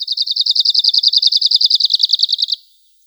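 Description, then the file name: Arctic warbler delivering a quick, rattling trill of evenly spaced high notes for about two and a half seconds, dipping slightly in pitch toward the end. "Penochka talovka"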